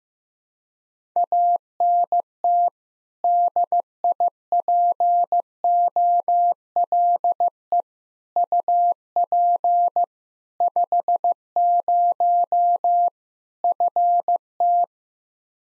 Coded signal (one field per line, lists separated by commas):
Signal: Morse code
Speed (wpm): 15 wpm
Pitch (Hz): 700 Hz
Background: none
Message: ANT DIPOLE UP 50 FT